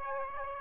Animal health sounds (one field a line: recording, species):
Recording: mosquito wingbeat signal from an infrared sensor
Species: Aedes aegypti